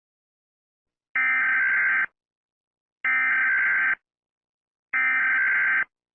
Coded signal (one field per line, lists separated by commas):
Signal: Emergency Alert System (SAME) tones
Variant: header bursts